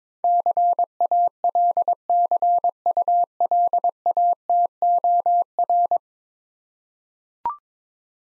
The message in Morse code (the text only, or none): CALCULATOR